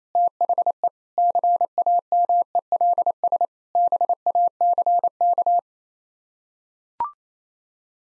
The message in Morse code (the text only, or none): THE CAMELS BACK